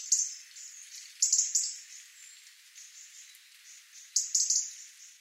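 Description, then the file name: European robin giving high, sharp, thin notes and brief twittering phrases, with quieter sustained high tones between bursts. "Erithacus rubecula"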